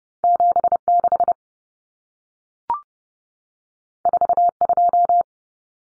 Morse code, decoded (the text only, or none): 76 42